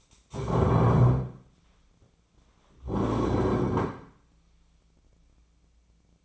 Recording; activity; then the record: daily activity, microphone in the room; stand up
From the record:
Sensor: 1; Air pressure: 1009.3 hPa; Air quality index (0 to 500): 176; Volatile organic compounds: 3 ppm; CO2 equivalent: 1490 ppm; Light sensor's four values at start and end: 45/120/50/59 and 42/111/47/55